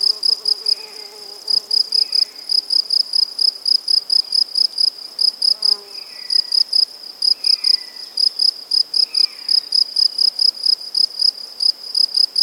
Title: Animus. Grillons, Divers Insectes Et Oiseaux - Buoux, Vaucluse - mai 2007